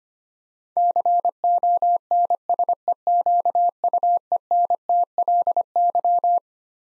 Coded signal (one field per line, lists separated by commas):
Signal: Morse code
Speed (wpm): 25 wpm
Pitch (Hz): 700 Hz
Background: none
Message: CONSEQUENTLY